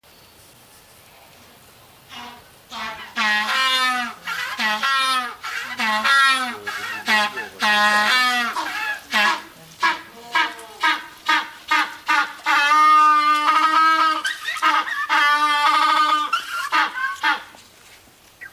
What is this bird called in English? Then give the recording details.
African Penguin. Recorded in captivity. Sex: group. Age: diverse. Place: Tierpark Berlin, Berlin, DE. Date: 1983-12-24 11:42. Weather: partly sunny, 1-3°C, no wind. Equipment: Nagra SN, Sennheiser MKH 416 T, Kopie Uher 4000 Report Monitor. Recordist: Tembrock, Günter. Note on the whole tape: Verschiedene Exemplare: Rufreihen, Paarlaute und Einzelrufe